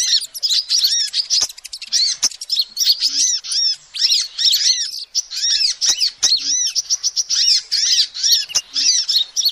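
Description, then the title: Lovebird chattering: dense, rapid high-pitched squeaks and arched chirps in bursts with short pauses, with sharp clicks here and there. Used as a lure call to trap lovebirds. "PIKAT BURUNG LOVEBIRD"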